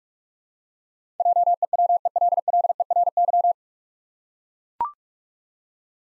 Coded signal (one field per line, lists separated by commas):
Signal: Morse code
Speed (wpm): 44 wpm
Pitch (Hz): 700 Hz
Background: none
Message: JEWELLERY